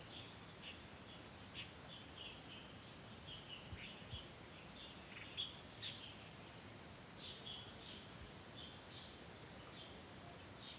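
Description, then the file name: Insects drone continuously on one high note while birds give brief chips and twitters at irregular moments. Constant insect sound in forest ambience, with a few birds. "ambience forests constant insect with few birds"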